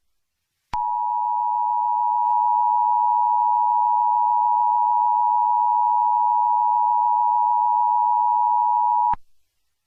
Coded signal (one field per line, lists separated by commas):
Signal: Emergency Alert System (SAME) tones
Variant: 853 and 960 Hz attention tone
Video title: The End of the World (eas scenario) *Nick3535 version*